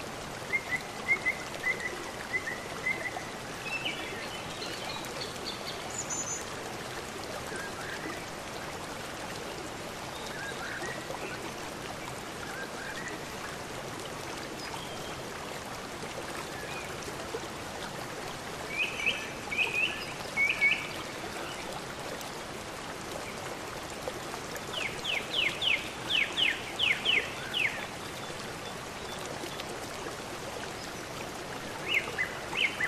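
A brook runs steadily throughout, a dense, even rush of water. Birds call over it in short bright bursts, a chirping phrase near the start, a trill around nineteen seconds, and a louder rapid chatter from twenty-five to twenty-eight seconds.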